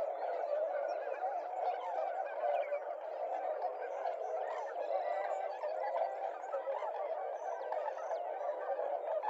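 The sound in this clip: Tundra swans in a large gathering, their overlapping honking and whooping calls forming a steady, unbroken chorus.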